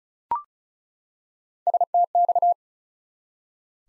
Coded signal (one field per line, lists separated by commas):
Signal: Morse code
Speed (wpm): 34 wpm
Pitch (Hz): 700 Hz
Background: none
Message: STX